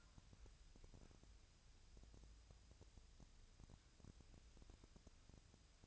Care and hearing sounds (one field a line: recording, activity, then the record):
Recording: daily activity, microphone in the room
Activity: wipe stove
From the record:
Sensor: 2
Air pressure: 1001.5 hPa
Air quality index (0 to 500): 226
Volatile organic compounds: 25 ppm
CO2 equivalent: 2828 ppm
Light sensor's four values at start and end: 7/26/10/9 and 7/26/10/9